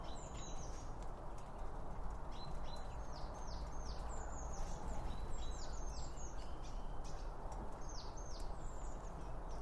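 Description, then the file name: Birds giving repeated short, high, down-slurred chirps in loose bursts, with a constant low background hum beneath. Birds around a bird feeder, recorded with two Line Audio OM1 microphones. "Birds Around Birdfeeding With Two Om 1 From Line Audio"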